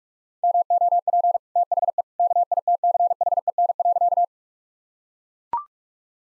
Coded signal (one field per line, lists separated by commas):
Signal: Morse code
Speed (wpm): 44 wpm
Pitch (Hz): 700 Hz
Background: none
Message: MOP THE KITCHEN.